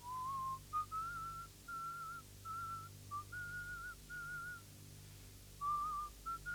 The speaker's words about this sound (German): Dann, als sie aufhört, pfeife ich die Melodie weiter, leise, fast unhörbar.